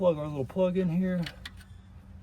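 A wiring harness plug is being handled at the alternator of an F150 during an alternator replacement, ready to be pushed into its socket. Someone talks for the first second or so, followed by a few brief light rattles around 1.3–1.6 s and a low steady hum. The plug has not seated or clicked in yet when the clip ends.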